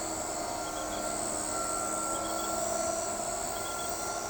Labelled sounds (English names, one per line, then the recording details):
none
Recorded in shrubland near Pivijay, Magdalena, Colombia, on 14 April 2023 at 23:00
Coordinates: 10.453, -74.365
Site P5-G022